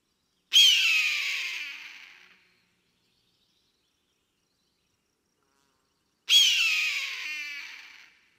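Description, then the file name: Eagle cries twice, each a piercing, raspy scream that trails off with a rattling end, the second coming about six seconds after the first, with silence between. "Tieng Dai Bang keu"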